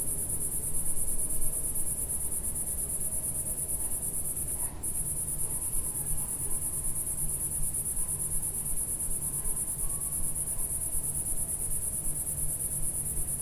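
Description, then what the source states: Cicada giving a sizzling high buzz with one brief break, faint low hum beneath. Single cicada in a garden in a small village in Picardy, northern France; early evening warmth, among lavender and myrtle bushes.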